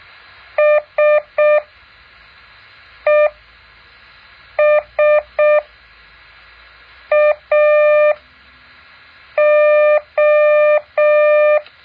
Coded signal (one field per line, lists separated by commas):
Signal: Morse code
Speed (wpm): 6 wpm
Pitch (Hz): 600 Hz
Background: none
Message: SESAO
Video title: แบบฝึกหัด Morse code 2.5